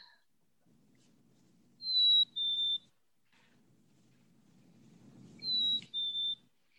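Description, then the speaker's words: Black-capped Chickadee song, a clear whistled two-note phrase, higher note then slightly lower, given twice about three and a half seconds apart over faint low rumble. Spring song, though these calls are given all year long; played back as a quiz. "It is a black-capped chickadee, and Julie's right. That is kind of spring, a spring song, but they make those calls all year long."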